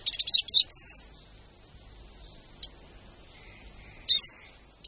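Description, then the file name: Eurasian siskin giving brief high twittering notes, then quiet, then a short falling wheeze near the end. "Čížek-lesní"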